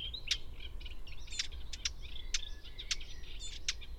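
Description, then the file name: Eurasian blackcap, clicking calls: loud dry ticks at an uneven pace, set against continuous high twittering in the background. "Sylvia atricapilla"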